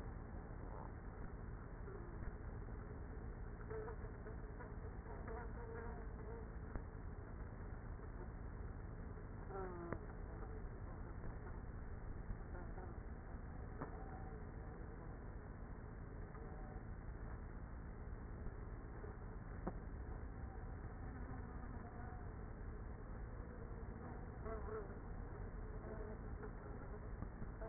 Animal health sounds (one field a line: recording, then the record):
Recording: honeybee colony, microphone inside the hive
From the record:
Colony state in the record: queenless with a low population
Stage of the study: after two queens were removed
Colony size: about 30,000 bees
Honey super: no